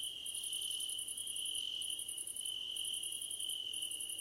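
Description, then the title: Crickets chirping: a steady high continuous trill under pulsed, very high trills that come in bursts of about a second with short gaps. Crickets calling at night under a starlit sky. "Nighttime Ambience with Crickets"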